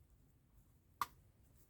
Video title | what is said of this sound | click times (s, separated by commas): Audi quattro uscita 3: il cofano anteriore e loghi. Edizione Centauria in scala 1:8. | Nou, als je klak hoort, stop je! | 1.0 s